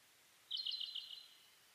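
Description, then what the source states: Bird song: a single short, bright trill of quick high notes lasting under a second, with quiet background hiss. Dawn chorus (reimei) of birdsong (saezuri), 10 May 2010, 04:01, recorded with a DH-D50.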